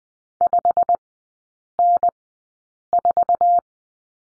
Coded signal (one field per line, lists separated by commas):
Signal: Morse code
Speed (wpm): 20 wpm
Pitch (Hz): 700 Hz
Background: none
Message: 5N4